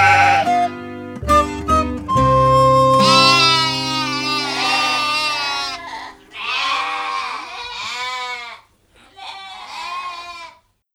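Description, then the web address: Sheep bleating: three long, wavering, nasal bleats from about the third second onward, each separated by short pauses, after opening seconds of steady sustained tones. Ewe bleating, on a farm. "La brebis bele. un jour a la ferme"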